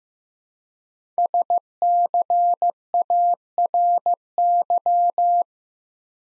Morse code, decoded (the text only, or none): SCARY